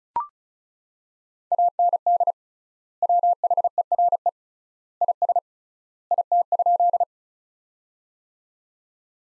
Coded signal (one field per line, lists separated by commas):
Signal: Morse code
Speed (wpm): 36 wpm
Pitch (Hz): 700 Hz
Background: none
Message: AND WHERE IS IT?